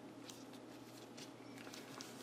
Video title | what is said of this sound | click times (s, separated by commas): #4: From Candy Bags to Fabric Pouches - #DWPB100THINGSCHALLENGE | it's not closing. I covered the bag for nothing. | none